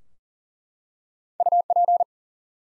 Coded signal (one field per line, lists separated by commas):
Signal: Morse code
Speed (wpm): 40 wpm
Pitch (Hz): 700 Hz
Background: none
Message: UP